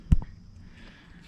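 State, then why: Not seated. A polyurethane bushing is pressed into the lower control arm of a Neon, making two short knocks at 0.1 s and 0.2 s followed by low, quiet background. The bushing has not snapped into place; its folded-over skirt keeps pushing it back out.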